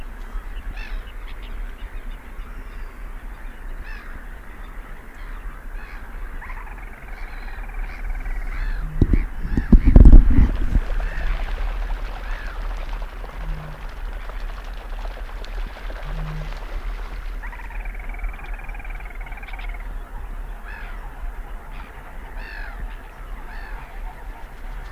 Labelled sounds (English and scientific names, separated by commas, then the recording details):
Little Crake (Porzana parva)
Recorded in the wild
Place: Kützerhof, Kummerower See, Mecklenburg-Vorpommern, DE
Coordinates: 53.8583, 12.85
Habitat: wetland
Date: 2009-05-04 23:59
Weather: heiter, fast windstill, 6°C
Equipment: Sound Devices 702, Sennheiser MKH 70, Rycote Windschutz
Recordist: Frommolt, Karl-Heinz